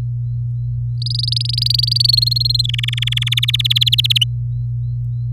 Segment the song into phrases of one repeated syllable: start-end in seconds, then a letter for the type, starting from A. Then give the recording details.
1.02-1.98 A, 2.00-2.66 B, 2.69-3.40 C, 3.42-4.18 D. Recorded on 4 May 2018 at 09:18. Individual llb16